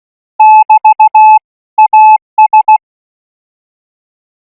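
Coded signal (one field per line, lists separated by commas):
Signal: Morse code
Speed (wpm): 16 wpm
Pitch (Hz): 860 Hz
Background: none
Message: <BT> AS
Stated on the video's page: Thai radio signal training Morse code practice sent at 20 words per minute.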